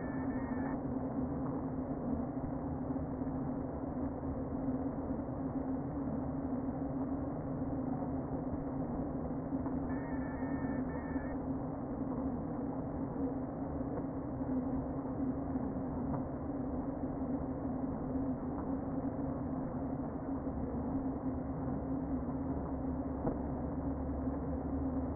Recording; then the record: honeybee colony, microphone inside the hive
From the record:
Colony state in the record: queen present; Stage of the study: before two queens were removed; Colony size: about 60,000 bees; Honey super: yes